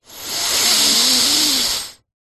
Human male breath in through nose stuffy.